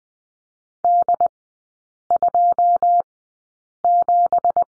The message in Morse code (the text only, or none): D27